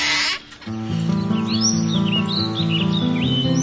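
Birds chirp and sing in quick, high, swooping calls on a sunny summer day, over a steady low droning tone, just after a short burst of noise at the very start.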